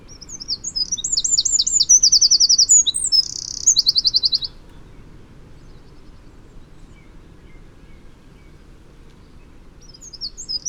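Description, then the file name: Eurasian wren song, a loud run of high twittering notes and fast trills lasting about four seconds, followed by quiet and the start of another phrase. "Troglodytes troglodytes"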